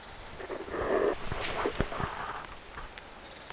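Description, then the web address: Long-tailed tit giving a very high, thin trilled call lasting about a second, with rustling and scattered lower sounds before it. Recorded 14 October 2024; several long-tailed tits. "paivat 14 10 2024 pyrstotiaisia"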